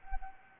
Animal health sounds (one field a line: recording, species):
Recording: mosquito wingbeat signal from an infrared sensor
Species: Anopheles arabiensis